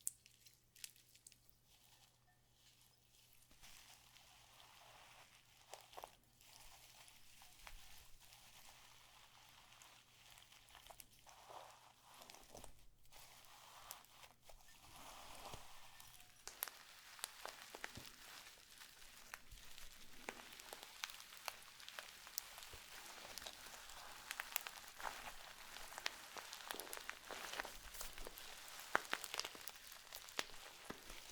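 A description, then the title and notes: Slime being squeezed and pressed, with wet clicks, pops and squelches scattered through the clip. It begins sparse and quiet, then the sticky crackling grows denser and brighter from about fifteen seconds on. A faint steady low hum runs underneath throughout. Satisfying ASMR Slime To Cause Your Tingles ~No Talking.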